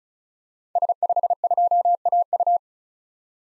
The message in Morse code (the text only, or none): S52AU